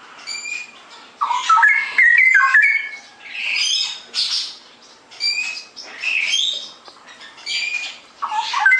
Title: mster Mnuk. Masteran Burung CUCAK ROWO. Cucak Rowo Ropel Gacor